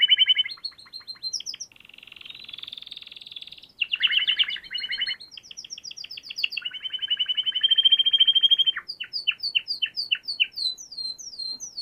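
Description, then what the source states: Canary song with rich changing tours: chattering notes, a harsh buzzing trill, fast rolling phrases, a steady low rattle, then a run of clear descending whistles. Canary song used to train other birds to learn the song (masteran).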